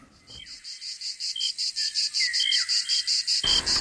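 Steady, rhythmic insect chirping pulses in a fast, regular beat at a high pitch, forming a continuous meadow backdrop with a faint low rumble underneath and no voices.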